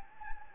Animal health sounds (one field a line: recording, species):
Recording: mosquito wingbeat signal from an infrared sensor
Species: Anopheles gambiae